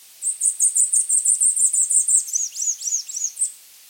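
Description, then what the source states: Bananaquit song: a very high, fast run of buzzy repeated notes for about two seconds, ending in a few slurred, falling chips. Local dialect of a Bananaquit recorded in Mexico; the species has developed hundreds of local song dialects.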